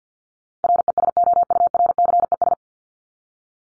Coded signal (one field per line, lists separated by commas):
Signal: Morse code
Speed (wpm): 50 wpm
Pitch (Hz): 700 Hz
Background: none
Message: RESOURCES